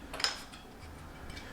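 A whiskey bottle is placed into its slot at the back of a home cocktail maker's base, a liquor bottle dropping into its reservoir slot. A short, bright knock is heard at 0.2 s as it drops in and seats, followed by a quiet low rumble.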